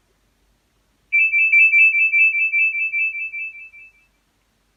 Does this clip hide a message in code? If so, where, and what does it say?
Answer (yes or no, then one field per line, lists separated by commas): no